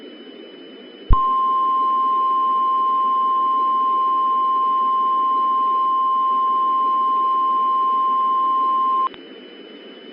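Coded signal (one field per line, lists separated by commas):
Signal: Emergency Alert System (SAME) tones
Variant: 1050 Hz attention tone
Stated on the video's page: Mock EAS tornado emergency alert, not a real broadcast.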